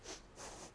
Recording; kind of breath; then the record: one breath in and out by a microphone near the nose and mouth; strong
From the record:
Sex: female